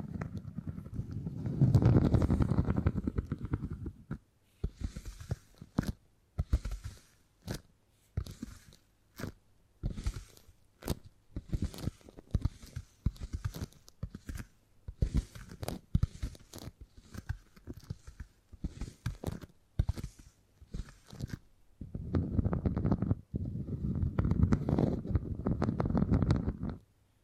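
Beeswax being handled, with sharp crackles and sticky snaps in quick irregular bursts, framed by low muffled rubbing at the start and end.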